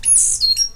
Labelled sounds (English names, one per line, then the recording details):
Stitchbird song
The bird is a male
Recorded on Tiritiri Matangi Island, New Zealand, in 2005
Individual 10, of nest box 12